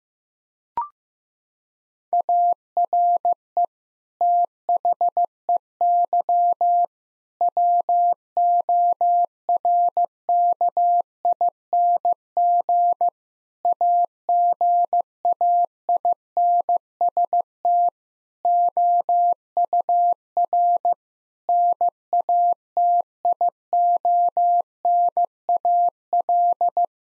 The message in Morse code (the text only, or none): ARE THEY WORKING AGAINST OUR NATIONAL